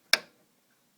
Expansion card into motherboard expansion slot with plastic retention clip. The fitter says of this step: until you be able to click